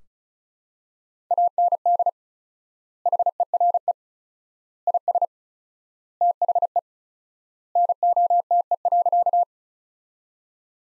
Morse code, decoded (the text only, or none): AND HERE IS THE NOTE.